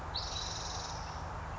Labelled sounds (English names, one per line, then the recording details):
Spotted Towhee
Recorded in Sonoma County, California